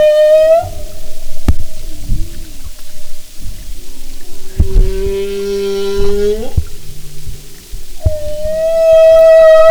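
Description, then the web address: Humpback whale tonal calls: a high harmonic whistle, a long steady moan rising at its end, then the high harmonic tone again, over faint underwater crackle. "Sound and Marine Mammals humpback"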